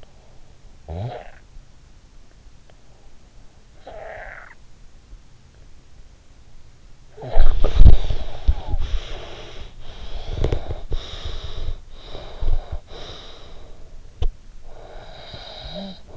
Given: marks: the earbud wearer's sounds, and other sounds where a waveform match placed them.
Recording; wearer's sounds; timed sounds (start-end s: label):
sounds in sleep by an in-ear microphone; snoring breath, breath, teeth grinding
0.60-1.52 s: snoring breath
3.32-5.00 s: snoring breath
6.77-14.26 s: breath
10.20-11.95 s: teeth grinding
14.38-16.17 s: snoring breath